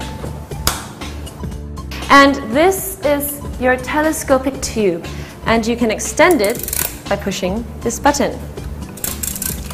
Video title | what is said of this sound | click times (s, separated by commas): Sunshinne Eco Active Water Filtration Vacuum | the hose socket ensure that this button is facing forward and do not press it down because we want to hear the click | 0.7 s